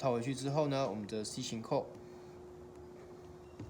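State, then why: Not seated. Someone talks while a metal C-type retaining clip is being handled to go back into its groove on a HOSTILE ROGUE fully airtight mechanical paintball marker. After the talking stops around 1.8 seconds, only a quiet steady hum and a faint soft tick near the end remain. Nothing has seated or clicked yet.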